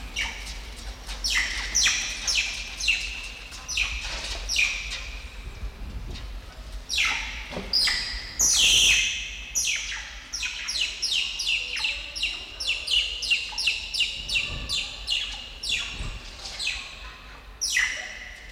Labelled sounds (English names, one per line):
Banded Mongoose